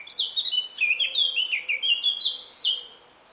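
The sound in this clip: Eurasian Blackcap song: a steady stream of clear, slurred, whistled notes, rapid and varied. It trails off into quiet at the very end.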